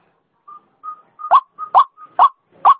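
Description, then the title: White-breasted waterhen giving short whistled notes, then alternating them with harsh, croaking notes. Female; used as a lure sound. "Suara Pikat Ruak Ruak Betina"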